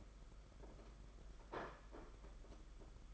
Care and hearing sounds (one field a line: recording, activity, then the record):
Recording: daily activity, microphone in the room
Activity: place plate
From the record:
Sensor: 5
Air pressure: 991.9 hPa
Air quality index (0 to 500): 164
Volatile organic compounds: 367 ppm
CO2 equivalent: 4615 ppm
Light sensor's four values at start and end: 31/106/39/42 and 31/106/39/42